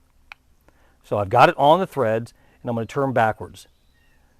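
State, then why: Not seated. A mobile antenna base, with its threads lubed, is set on the threaded stud of a magnetic mount and turned backwards to find where the thread start drops into place, while someone talks. The clip ends before the part goes home, and nothing has seated or clicked yet.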